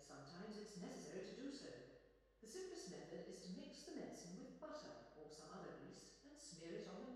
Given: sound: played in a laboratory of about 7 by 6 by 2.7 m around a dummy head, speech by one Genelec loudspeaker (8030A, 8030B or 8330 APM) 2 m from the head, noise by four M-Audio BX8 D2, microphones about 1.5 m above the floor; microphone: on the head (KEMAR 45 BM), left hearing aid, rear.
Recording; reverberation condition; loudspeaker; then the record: female speech in English; high; 60 degrees to the right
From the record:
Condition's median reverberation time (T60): about 1300 ms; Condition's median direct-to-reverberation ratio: about -4.0 dB